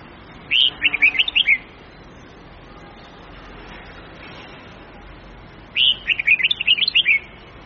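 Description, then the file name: Red-whiskered bulbul song: two bright, quick warbled phrases of chirpy notes, each a second or more long, separated by a pause of roughly four seconds over faint background hiss. Huế-type bulbul, long-voice song of 9 to 12 notes, changing its phrasing continuously. "tieng-chao-mao-hue-so-giong-dai-am-9-10-11-12-dao-giong-lien-tuc"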